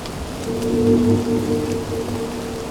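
Steady rain falls during a thunderstorm at the Cabane des Gardes, in a dense, even hiss, with a low droning hum running beneath it throughout. No thunderclaps stand out, and no one speaks.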